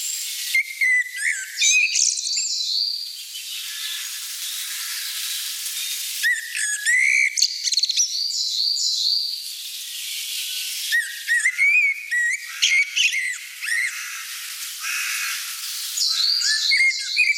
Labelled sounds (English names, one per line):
Common Blackbird song